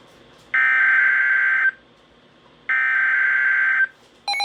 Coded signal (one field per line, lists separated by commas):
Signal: Emergency Alert System (SAME) tones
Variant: header bursts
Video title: CALM BEFORE THE STORM... (EAS Alerts from June 2024) [EAS 358-385]